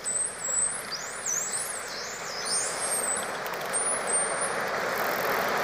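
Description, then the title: Dolphin whistles sweep up and down in rapid succession, several overlapping high glides throughout, backed by a continuous hissing wash. Underwater dolphin sounds, dolphins communicating with each other. "Dolphin Sounds Deep Underwater"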